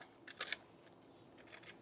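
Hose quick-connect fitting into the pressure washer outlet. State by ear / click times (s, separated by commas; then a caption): not seated / none. A pressure washer hose quick-connect fitting is handled and pushed toward the pressure washer outlet port, making a few short plastic clicks and scrapes around 0.3–0.5 seconds followed by quieter handling. The clip ends just before the fitting goes home, so nothing has seated or clicked yet.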